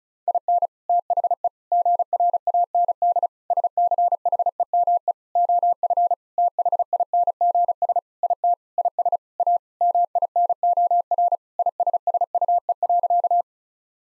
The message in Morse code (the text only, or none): IN THE GRAND SCHEME OF THINGS IT IS A MINOR ISSUE.